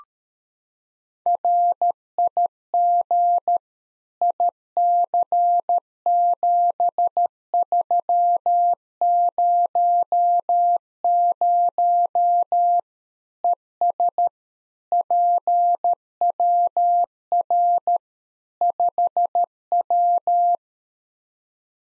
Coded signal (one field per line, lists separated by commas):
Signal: Morse code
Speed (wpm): 13 wpm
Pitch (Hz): 700 Hz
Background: none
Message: RIG IC7300 ES PWR 5W